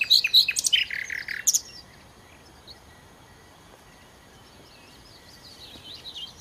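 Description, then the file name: Common nightingale song: one brief phrase of rapid churring, buzzy notes at the start, then faint background birdsong and quiet hiss. "Nachtigall"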